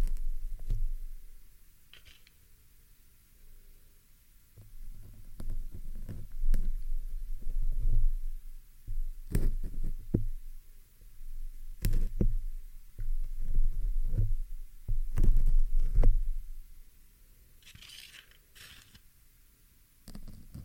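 A pin being plucked and pulled from a microphone, heard as dull low thumps and scrapes in irregular bursts. Sharp clicks cut through around ten, twelve and fifteen seconds, with brief hissy rubbing near eighteen seconds and quiet pauses between.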